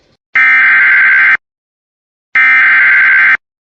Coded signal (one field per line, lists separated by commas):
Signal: Emergency Alert System (SAME) tones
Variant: header bursts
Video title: IT’S DOUBLEHEADER TIME!!! EAS Alerts from 3/22/2026 (EAS 173-207)